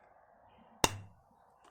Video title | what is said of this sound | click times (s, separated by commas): รีวิว: บูลธูทติดหมวก ราคาไม่แพงสายประหยัด ใช้งานเป็นไง?? | นะครับจะได้ยินเสียงล็อกเห็นไหมครับ | 0.8 s